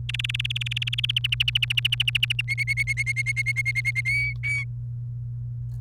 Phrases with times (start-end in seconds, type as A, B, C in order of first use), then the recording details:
0.09-1.11 A, 1.16-2.41 B, 2.48-4.01 C, 4.05-4.64 D. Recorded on 29 April 2018 at 16:03. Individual llb3